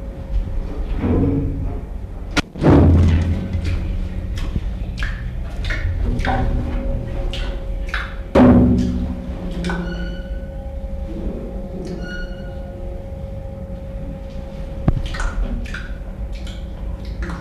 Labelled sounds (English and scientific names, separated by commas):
King Colobus (Colobus polykomos)